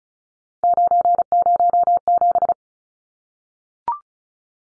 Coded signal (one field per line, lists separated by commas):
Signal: Morse code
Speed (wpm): 34 wpm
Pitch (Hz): 700 Hz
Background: none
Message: 907